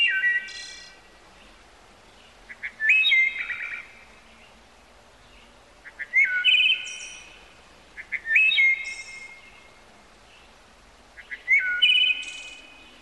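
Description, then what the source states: Bird song: short bright whistled phrases with sharp upslurs and buzzy high notes, given in bursts every few seconds over a steady faint hiss. Bird heard in the morning.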